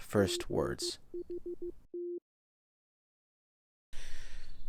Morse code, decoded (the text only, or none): GHT